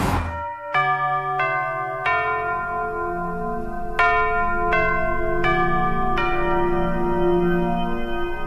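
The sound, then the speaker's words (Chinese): The hourly chime of Beijing Music Radio FM97.4, marking 11 o'clock in 2018: a series of resonant bell strikes rings out in an uneven pattern, each bright tone sustaining and overlapping the next over a steady low drone, with no voices. “钟声敲响到11点，11点01分，这里是正在直播的带上音乐去旅行”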